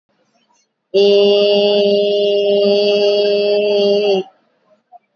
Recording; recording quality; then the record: sustained vowel as in made; excellent, no background noise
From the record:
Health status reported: exposed to COVID-19, no respiratory illness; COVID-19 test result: negative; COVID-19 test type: RT-PCR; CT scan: not taken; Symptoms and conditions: none ticked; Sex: female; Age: 24 years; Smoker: no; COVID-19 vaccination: both doses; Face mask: worn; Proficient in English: yes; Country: India